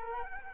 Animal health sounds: mosquito wingbeat signal from an infrared sensor; Culex quinquefasciatus

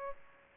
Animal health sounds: mosquito wingbeat signal from an infrared sensor; Aedes aegypti

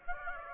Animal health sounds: mosquito wingbeat signal from an infrared sensor; Aedes aegypti

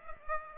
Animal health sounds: mosquito wingbeat signal from an infrared sensor; Aedes aegypti

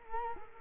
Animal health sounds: mosquito wingbeat signal from an infrared sensor; Culex quinquefasciatus

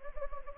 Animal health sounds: mosquito wingbeat signal from an infrared sensor; Anopheles gambiae

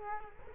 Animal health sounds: mosquito wingbeat signal from an infrared sensor; Culex quinquefasciatus

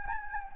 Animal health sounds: mosquito wingbeat signal from an infrared sensor; Anopheles gambiae

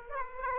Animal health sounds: mosquito wingbeat signal from an infrared sensor; Aedes aegypti

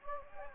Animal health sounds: mosquito wingbeat signal from an infrared sensor; Anopheles gambiae

